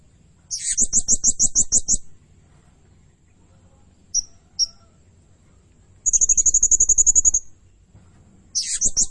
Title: Burung Serindit Nembak Gacor Bikin Emosi Semua Burung